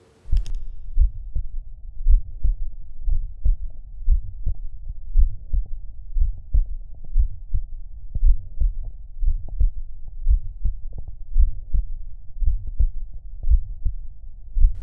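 Steady heartbeat at about 57 beats a minute, with a soft, low, humming buzz filling the space between beats. This is a Still's murmur, an innocent murmur common in healthy people, in an 18-year-old pregnant woman, heard at the typical auscultation point for Still's murmur.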